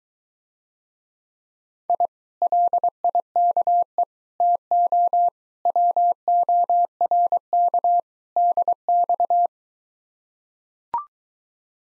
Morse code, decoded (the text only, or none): I LIKE TO WORK DX